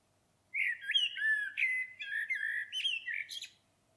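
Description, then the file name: Common blackbird delivering one long unbroken song phrase of rich fluty warbling notes, sliding up and down, lasting about three seconds in an otherwise quiet background. "Turdus merula"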